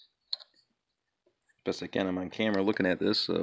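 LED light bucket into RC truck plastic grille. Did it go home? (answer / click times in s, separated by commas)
yes / 0.3 s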